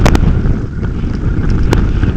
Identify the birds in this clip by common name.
none